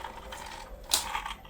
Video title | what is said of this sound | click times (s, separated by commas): Gear change | You hear that little click, everything is together. | 0.9 s